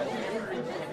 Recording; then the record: coughing mixed with background sound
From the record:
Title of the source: female coughing - coughing sound effects girl